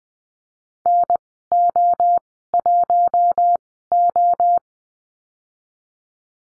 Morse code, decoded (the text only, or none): NO1O